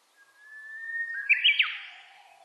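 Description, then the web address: Japanese bush warbler song: a long, steady whistled note that swells and lifts slightly, then breaks into a quick, bright flourish of higher notes. Recorded on 29 April 2001. "2001 010429 uguisu"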